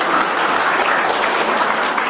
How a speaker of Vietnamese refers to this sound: Cho chàng pháo tay.